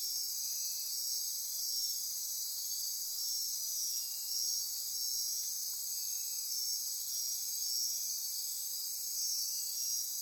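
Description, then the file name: Insect chorus, a continuous high-pitched shimmering trill, with fainter lower notes appearing irregularly. Insect chorus recorded at midnight near Corcovado. "Wind-is-the-Original-Radio-Fridays Andy-Martin Midnight-Insect-Chorus-Near-Corcovado"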